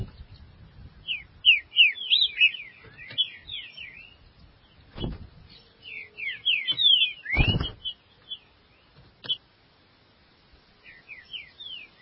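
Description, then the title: Green-winged saltator song of fast, downward-sweeping whistles strung into busy phrases, interrupted by heavy thuds and faint low noise. "Trinca Ferro"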